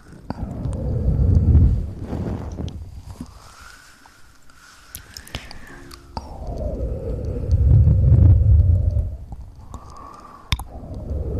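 Mouth sounds, low and gurgling, come in two slow swells, one around the first two seconds and another near eight seconds, each with a sliding tone that dips and rises. Between them the sound thins to quieter hums, with scattered small clicks and pops throughout.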